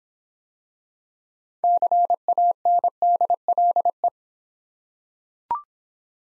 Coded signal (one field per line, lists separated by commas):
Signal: Morse code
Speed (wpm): 26 wpm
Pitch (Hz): 700 Hz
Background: none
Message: CANDLE